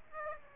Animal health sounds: mosquito wingbeat signal from an infrared sensor; Aedes aegypti

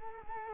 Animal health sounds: mosquito wingbeat signal from an infrared sensor; Culex quinquefasciatus

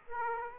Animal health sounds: mosquito wingbeat signal from an infrared sensor; Aedes aegypti

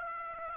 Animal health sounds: mosquito wingbeat signal from an infrared sensor; Aedes aegypti

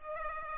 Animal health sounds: mosquito wingbeat signal from an infrared sensor; Culex pipiens

